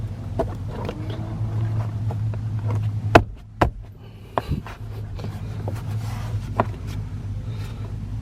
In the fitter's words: i had to push quite kind of push kind of hard to get that snap in place don't know if i quite like that